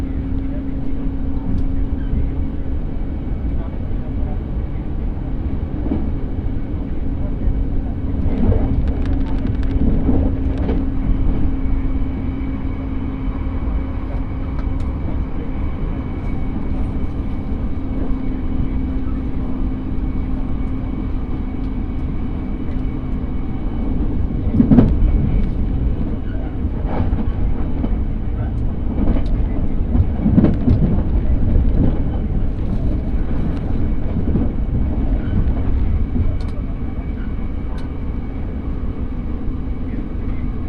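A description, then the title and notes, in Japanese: A railway journey: a train's steady, heavy low rumble runs throughout, with a droning hum that holds through the first half and then fades. Scattered clacks and knocks break in every few seconds, clustering around the middle and later parts. 鉄道旅 佐賀→博多→中洲川端→呉服町。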